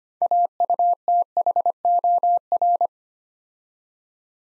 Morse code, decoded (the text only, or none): AUTHOR